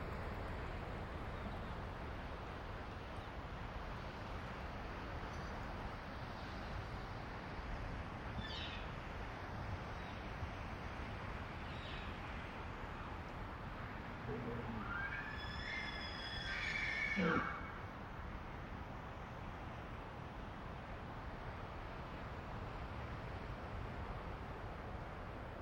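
Strong wind roars steadily through pines, with faint elk calls around eight and twelve seconds and a clearer high bugle near seventeen.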